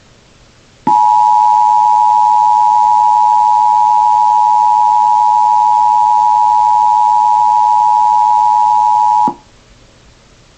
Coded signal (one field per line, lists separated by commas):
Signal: Emergency Alert System (SAME) tones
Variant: 853 and 960 Hz attention tone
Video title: MTS Glitch Gets Interrupted By EAS Alarm (Tornado Warning!)